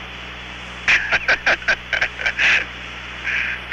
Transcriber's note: laughter